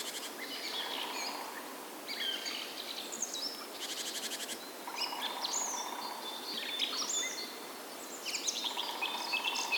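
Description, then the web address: Birds chirp and whistle in overlapping phrases, with brief rasping bursts, all over steady ambient noise. Spring birds, nature ambience. "VT Homezon Musica da luma Spring Birds Nature Ambiance"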